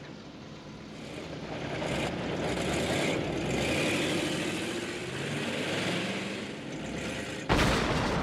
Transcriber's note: soundbite of motorcycle-engine revving; soundbite of explosion; soundbite of fire crackling